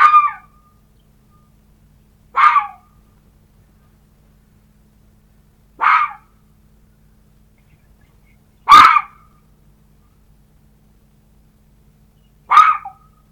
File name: Лиса